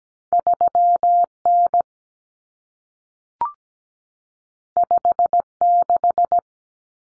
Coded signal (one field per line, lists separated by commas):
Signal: Morse code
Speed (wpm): 17 wpm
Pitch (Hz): 700 Hz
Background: none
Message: 3N 56